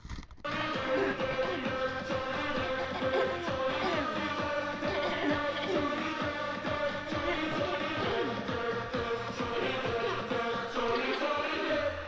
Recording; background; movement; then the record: throat clearing; music; sitting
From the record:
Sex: female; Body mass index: 18.3 kg/m2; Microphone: on the chest, facing outward